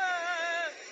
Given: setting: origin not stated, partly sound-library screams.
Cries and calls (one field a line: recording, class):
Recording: one-second piece from a danger detection set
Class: woman in danger